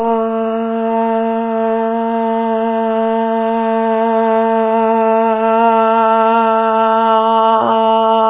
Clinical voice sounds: sustained vowel /a/; female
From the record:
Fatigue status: no fatigue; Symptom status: symptomatic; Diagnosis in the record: COVID-19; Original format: 3gp

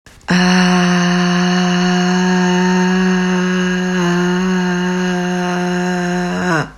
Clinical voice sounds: sustained vowel /a/; female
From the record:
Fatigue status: no fatigue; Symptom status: asymptomatic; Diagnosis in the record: COVID-19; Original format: m4a

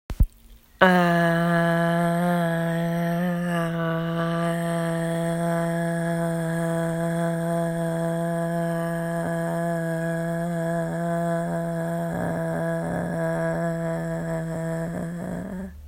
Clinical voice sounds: sustained vowel /a/; female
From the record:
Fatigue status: fatigue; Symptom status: symptomatic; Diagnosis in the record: COVID-19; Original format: m4a

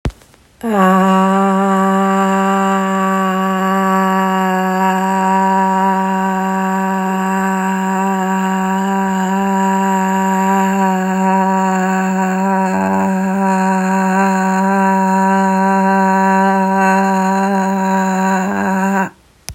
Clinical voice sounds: sustained vowel /a/; female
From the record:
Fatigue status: no fatigue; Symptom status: symptomatic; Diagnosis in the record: COVID-19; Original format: m4a

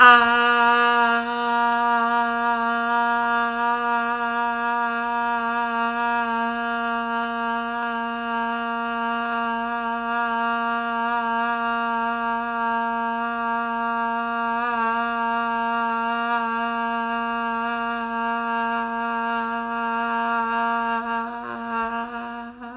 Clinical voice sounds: sustained vowel /a/; female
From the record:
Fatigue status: no fatigue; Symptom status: symptomatic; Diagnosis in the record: COVID-19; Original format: m4a

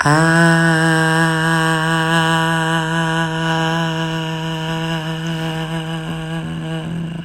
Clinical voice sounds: sustained vowel /a/; female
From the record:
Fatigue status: fatigue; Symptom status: symptomatic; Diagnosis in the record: COVID-19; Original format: m4a

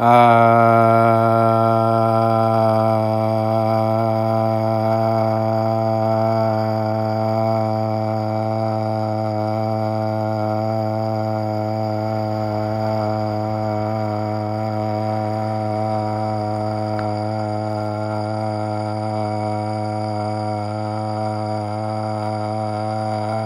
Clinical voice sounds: sustained vowel /a/; male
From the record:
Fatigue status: no fatigue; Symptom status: symptomatic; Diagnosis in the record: COVID-19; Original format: m4a

